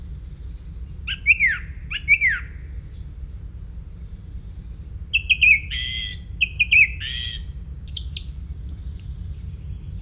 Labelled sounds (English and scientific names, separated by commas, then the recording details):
Song Thrush (Turdus philomelos) song
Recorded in the wild
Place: Lohme, Insel Rügen, Mecklenburg-Vorpommern, DE
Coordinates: 54.565, 13.615
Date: 1981-06-24 06:18
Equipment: Nagra III BH, Sennheiser MD 21, parabola
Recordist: Schubert, Michael
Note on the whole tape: Gesang einer Singdrossel, exzellenter Sänger und Imitator (Imitation unter anderem von einem Dunklen Wasserläufer)